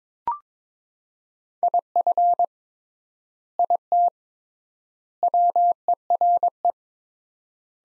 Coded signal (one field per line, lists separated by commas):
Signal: Morse code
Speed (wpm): 22 wpm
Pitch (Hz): 700 Hz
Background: none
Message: IF IT WERE